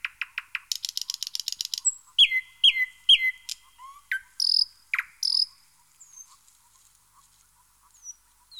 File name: Jean C Roche - Rossignol progne